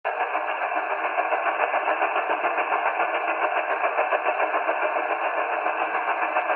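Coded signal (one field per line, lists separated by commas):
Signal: radar signal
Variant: Russian Woodpecker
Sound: rapid steady tapping buzz across the whole band, like a fast machine rattle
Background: radio static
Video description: The audio at the beginning is the "new" Russian woodpecker which appears across 34 MHz.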